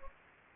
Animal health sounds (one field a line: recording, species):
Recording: mosquito wingbeat signal from an infrared sensor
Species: Anopheles gambiae